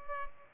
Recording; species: mosquito wingbeat signal from an infrared sensor; Culex pipiens